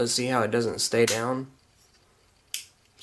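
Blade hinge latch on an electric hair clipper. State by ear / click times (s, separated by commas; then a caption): seated / 2.5 s. Someone talks over the first second and a half, then the metal blade hinge latch on an Oster A5 electric hair clipper is pushed down and snaps home with a single sharp click at 2.5 s. The latch is seated and holds.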